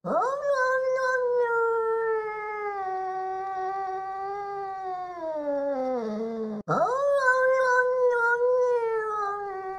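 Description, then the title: Cat giving a long, harmonic yowl that sinks lower over about six seconds, then after a brief break starts a fresh rising, sustained wail. An angry cat. "Звук злой кошки"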